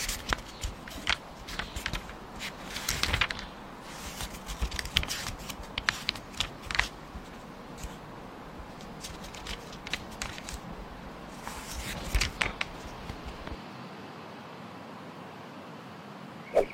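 Papery rustling and quick crackles flick through the whole clip, like pages of an open book being riffled and turned. Dense bursts cluster around three seconds and again near twelve, with quieter scattered flutters between, ending on a single sharp tick.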